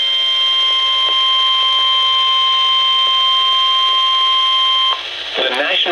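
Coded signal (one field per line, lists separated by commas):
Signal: Emergency Alert System (SAME) tones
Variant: 1050 Hz attention tone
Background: speech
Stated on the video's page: Severe thunderstorm warning received from NOAA weather radio station WXJ87 Madison, Wisconsin.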